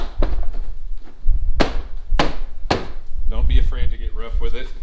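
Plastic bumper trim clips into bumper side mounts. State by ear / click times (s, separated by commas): seated / 1.6 s, 2.2 s, 2.7 s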